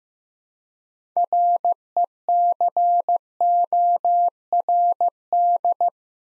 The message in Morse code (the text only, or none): RECORD